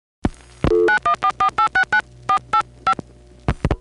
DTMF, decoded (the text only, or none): 9144869485